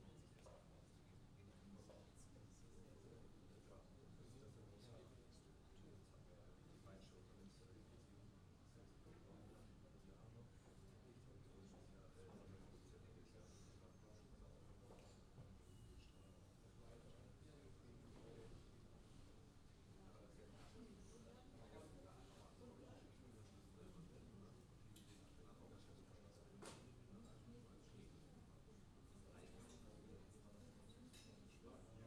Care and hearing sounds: everyday scene through a hearing-aid microphone; many people talking; many voices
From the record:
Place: university cafeteria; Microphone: in the ear canal, left

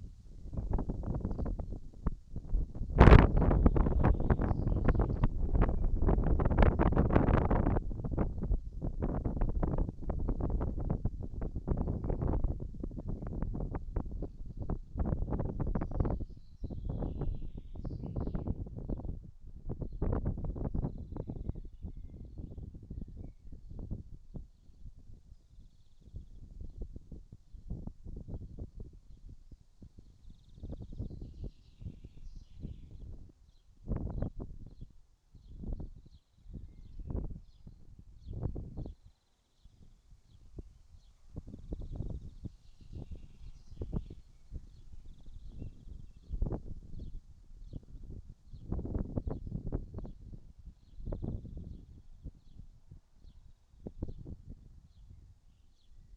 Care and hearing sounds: everyday scene through a hearing-aid microphone; wind on the microphone; wind, birds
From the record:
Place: in front of a rural house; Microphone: in the ear canal, right

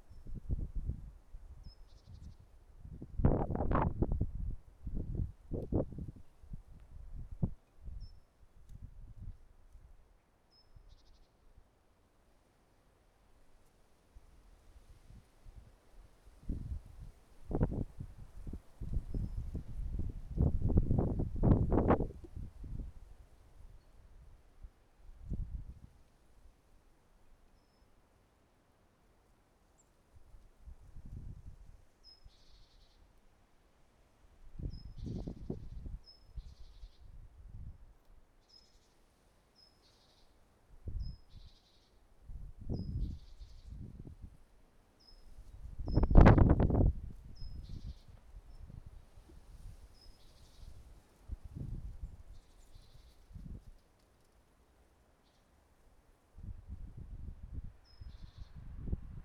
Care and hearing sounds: everyday scene through a hearing-aid microphone; wind on the microphone; wind, traffic, birds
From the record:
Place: suburban garden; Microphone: behind the ear, right, rear

